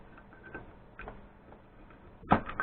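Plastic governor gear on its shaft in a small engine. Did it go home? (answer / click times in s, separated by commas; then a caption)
released / 2.6 s. A tool is wedged between the high spots of the plastic governor gear on its shaft in a 420cc small engine, with the gear's throw bar directly beneath, and pried upward. Faint scattered ticks and scrapes lead to louder knocks around 2.3 s, then a strong sharp hit at 2.6 s as the gear pops loose and is released to slide off its shaft.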